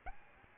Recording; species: mosquito wingbeat signal from an infrared sensor; Aedes albopictus